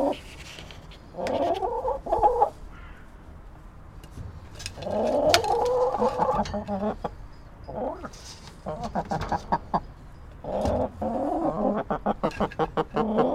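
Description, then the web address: Chickens calling in long, rising and falling nasal squawks between quieter gaps, with a run of sharp rapid clicks near the end. Chickens, caged. "Tom Hutchings Chickens Caged"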